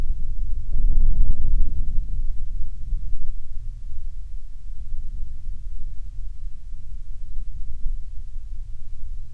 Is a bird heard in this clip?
no